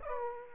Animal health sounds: mosquito wingbeat signal from an infrared sensor; Aedes aegypti

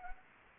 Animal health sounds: mosquito wingbeat signal from an infrared sensor; Anopheles gambiae

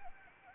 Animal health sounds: mosquito wingbeat signal from an infrared sensor; Anopheles gambiae

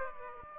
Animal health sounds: mosquito wingbeat signal from an infrared sensor; Aedes aegypti

